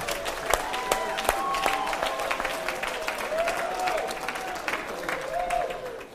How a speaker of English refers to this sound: Come on, clap your hands. Praise God.